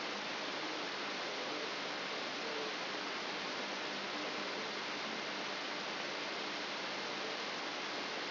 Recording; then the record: brain microelectrode recording played as sound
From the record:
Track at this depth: inside the subthalamic nucleus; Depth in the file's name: 4.701 mm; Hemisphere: left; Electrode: 3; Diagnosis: Parkinson's disease